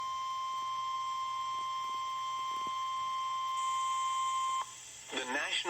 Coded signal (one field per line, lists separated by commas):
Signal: Emergency Alert System (SAME) tones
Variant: 1050 Hz attention tone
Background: speech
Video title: MY 1,800TH EAS CAPTURE EVER Online NOAA Weather Radio Severe T’storm Warning #3 4/4/25